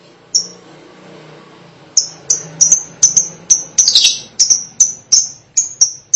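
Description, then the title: Lovebird chirping: one high, sharp chirp, then a steady series of shrill chirps about every third of a second, with a brief chatter in the middle. "BM Suara Burung Lovebird"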